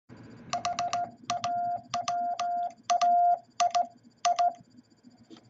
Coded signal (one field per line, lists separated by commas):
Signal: Morse code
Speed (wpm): 18 wpm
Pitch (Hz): 700 Hz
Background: none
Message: HAWAII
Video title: What Is Hawaii In Morse Code?